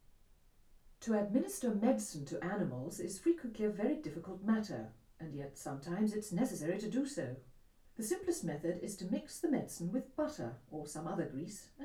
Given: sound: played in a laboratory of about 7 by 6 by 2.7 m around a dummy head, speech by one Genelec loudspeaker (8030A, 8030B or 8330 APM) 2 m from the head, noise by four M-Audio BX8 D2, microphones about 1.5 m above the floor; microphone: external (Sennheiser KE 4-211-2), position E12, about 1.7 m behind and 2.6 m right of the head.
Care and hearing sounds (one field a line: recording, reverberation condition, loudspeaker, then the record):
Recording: female speech in English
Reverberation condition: low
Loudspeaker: 60 degrees to the right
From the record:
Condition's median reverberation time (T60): about 310 ms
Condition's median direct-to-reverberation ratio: about 3.5 dB